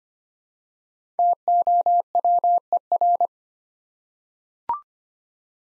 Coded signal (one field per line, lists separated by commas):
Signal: Morse code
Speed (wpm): 25 wpm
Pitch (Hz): 700 Hz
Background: none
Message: TOWER